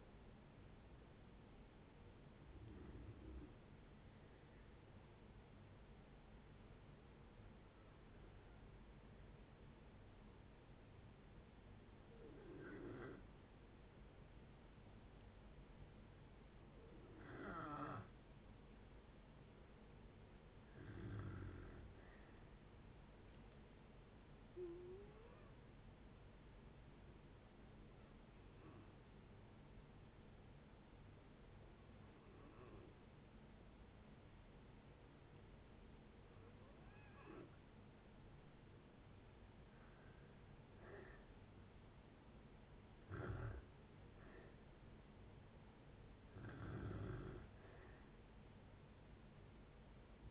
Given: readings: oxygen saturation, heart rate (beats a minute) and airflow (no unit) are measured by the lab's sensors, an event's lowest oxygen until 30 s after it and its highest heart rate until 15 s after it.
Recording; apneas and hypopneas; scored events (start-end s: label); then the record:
breathing in sleep by a voice recorder at the bedside; 2
5.00-19.50 s: hypopnea (N1, oxygen 95% highest, then 90% lowest, heart rate 64 at the start, 69 highest)
26.00-41.10 s: hypopnea (N1, oxygen 93% highest, then 88% lowest, heart rate 69 at the start, 71 highest)
From the record:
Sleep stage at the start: N1 (lightest sleep); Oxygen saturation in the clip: 90 to 95%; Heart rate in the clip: 62 to 71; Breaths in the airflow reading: 12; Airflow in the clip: -7.3 to 7.3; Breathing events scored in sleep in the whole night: 496 in 5.4 hours asleep